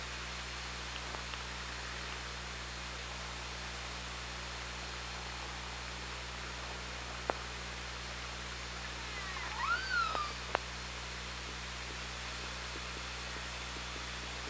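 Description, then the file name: Killer whale call: one brief, bending, whistle-like call with overtones late in a long stretch of steady hiss and low hum, with a couple of isolated clicks. OrcaLab hydrophone, 24 August 2017, 17:57:32. "Orca Lab 20170824 175732"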